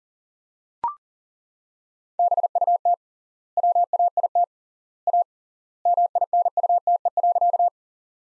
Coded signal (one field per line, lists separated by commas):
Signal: Morse code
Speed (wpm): 40 wpm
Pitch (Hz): 700 Hz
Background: none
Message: BUT WAIT A MINUTE.